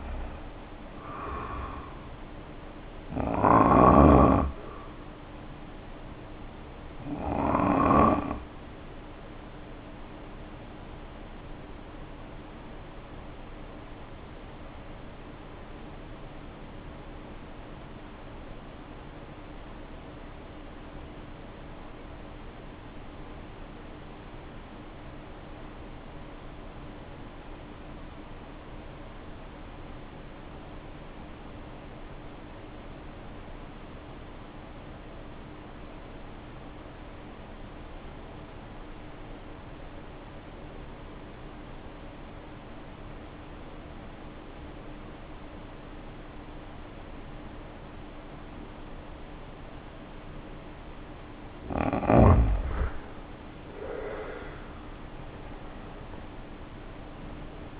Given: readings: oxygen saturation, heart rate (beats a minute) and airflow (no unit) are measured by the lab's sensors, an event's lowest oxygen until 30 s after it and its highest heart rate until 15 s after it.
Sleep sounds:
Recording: breathing in sleep by a voice recorder at the bedside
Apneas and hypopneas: 1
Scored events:
4.00-51.60 s: hypopnea (N1, oxygen 94% highest, then 66% lowest, heart rate 72 at the start, 86 highest)
From the record:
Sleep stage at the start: N1 (lightest sleep)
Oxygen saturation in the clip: 71 to 94%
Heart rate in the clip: 50 to 77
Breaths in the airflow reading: 18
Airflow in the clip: -1.7 to 2.7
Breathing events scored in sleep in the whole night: 520 in 7.2 hours asleep

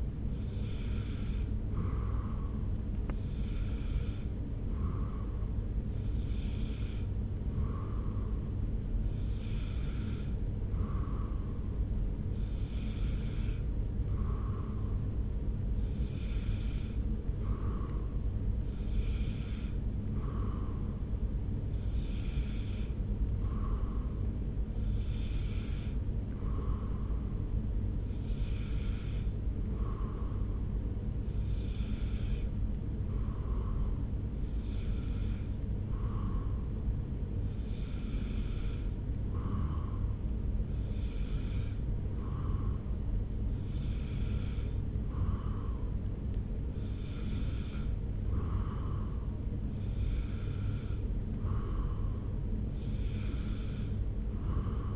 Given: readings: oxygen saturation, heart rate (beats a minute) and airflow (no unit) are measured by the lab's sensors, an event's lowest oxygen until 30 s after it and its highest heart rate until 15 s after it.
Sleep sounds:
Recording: breathing in sleep by a smartphone at the bedside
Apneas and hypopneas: none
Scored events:
22.00-54.96 s: new sleep stage, N2 (light sleep)
From the record:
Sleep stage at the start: N1 (lightest sleep)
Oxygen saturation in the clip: 93 to 94%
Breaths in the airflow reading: 18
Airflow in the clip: -1.0 to 1.1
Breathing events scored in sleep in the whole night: 335 in 6.7 hours asleep

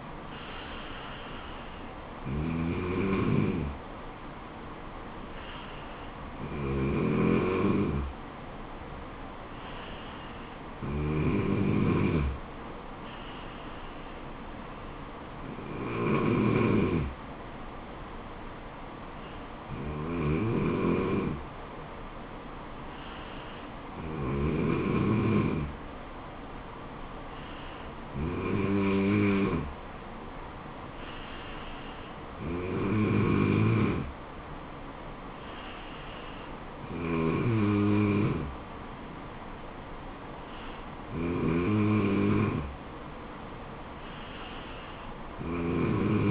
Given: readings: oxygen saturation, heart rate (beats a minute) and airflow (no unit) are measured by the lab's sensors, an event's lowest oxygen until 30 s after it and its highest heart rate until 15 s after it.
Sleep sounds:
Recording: breathing in sleep by a voice recorder at the bedside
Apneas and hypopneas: none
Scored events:
36.00-46.31 s: new sleep stage, N3 (deep sleep)
From the record:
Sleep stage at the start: N2 (light sleep)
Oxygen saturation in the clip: 94 to 96%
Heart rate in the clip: 69 to 76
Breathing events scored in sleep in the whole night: 426 in 7.4 hours asleep

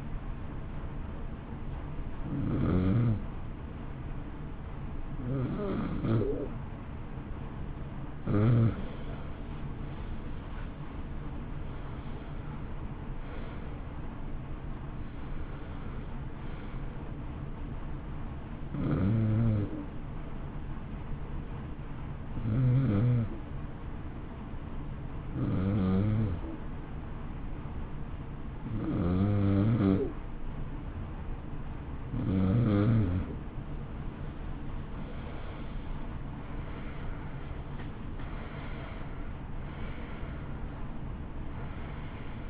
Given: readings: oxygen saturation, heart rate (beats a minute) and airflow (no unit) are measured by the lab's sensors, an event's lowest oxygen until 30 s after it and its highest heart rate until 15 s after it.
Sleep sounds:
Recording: breathing in sleep by a smartphone at the bedside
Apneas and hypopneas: none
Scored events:
13.00-42.50 s: new sleep stage, N2 (light sleep)
From the record:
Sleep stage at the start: N1 (lightest sleep)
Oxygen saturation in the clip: 91 to 93%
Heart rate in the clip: 57 to 70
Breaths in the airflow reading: 12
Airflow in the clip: -12.0 to 13.5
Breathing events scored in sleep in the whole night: 328 in 6.3 hours asleep

